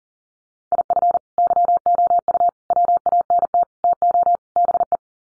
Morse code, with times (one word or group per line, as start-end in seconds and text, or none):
0.7-1.2 IF
1.4-2.5 YOU
2.7-3.6 WANT
3.8-4.4 TO
4.6-5.0 BE